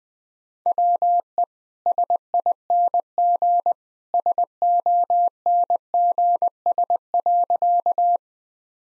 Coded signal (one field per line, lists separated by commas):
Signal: Morse code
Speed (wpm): 20 wpm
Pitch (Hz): 700 Hz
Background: none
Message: WE SING SONGS.